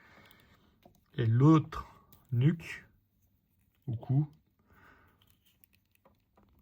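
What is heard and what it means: A plastic accessory piece is being handled and pressed onto a Bandai S.H. Figuarts Cyclops (Gamerverse) 1/12 action figure while someone talks, with only a few faint light ticks of handling between the words. Nothing has seated or clicked yet; the clip ends just before the part goes home.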